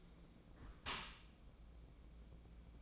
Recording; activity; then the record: daily activity, microphone in the room; close dishwasher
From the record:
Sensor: 1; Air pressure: 1012.4 hPa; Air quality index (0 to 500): 171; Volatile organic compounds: 3 ppm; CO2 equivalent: 1394 ppm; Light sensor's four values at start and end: 340/782/345/379 and 340/781/344/378